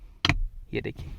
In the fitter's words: और जब आप इसको बंद करते हैं ना तो एक लॉक हो जाता है एक सर्टेन पोजीशन में आके, जो आपको आवाज़ भी आती है।